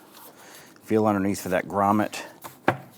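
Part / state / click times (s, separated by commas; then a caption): air intake tube into the rubber grommet on the air filter box / seated / 2.7 s. An air intake tube on a 2011-2021 Jeep Grand Cherokee 3.6L V6 is pushed into its rubber grommet on the air filter box while someone talks. A sharp pop at 2.7 s marks the tube seating into the grommet.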